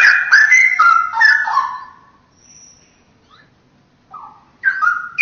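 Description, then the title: Oriental magpie-robin: a loud rush of varied whistled and scratchy notes, a pause with faint notes, then a fresh burst of whistles. "Kicau Kacer"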